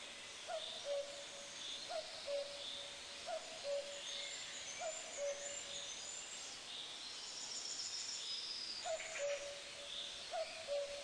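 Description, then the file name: Common cuckoo giving its low two-note falling cu-koo, repeated roughly every one and a half seconds with a gap midway; other birds twitter faintly higher up throughout. "kukulka"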